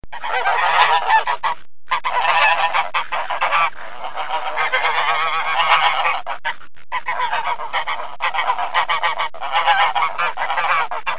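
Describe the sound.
Snow goose: snow geese honking in a dense flock, a continuous chorus of harsh, nasal, overlapping calls with a few brief pauses.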